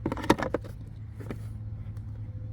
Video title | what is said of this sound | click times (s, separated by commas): 2023 John Deere XUV 835M Demo and Review. 54 hp 3 cylinder gas engine. | snaps back into place | 0.3 s